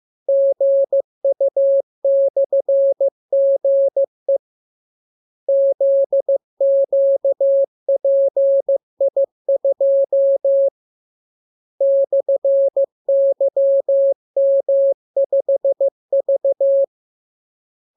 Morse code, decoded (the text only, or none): GU/GE ZQPI2 /YM5V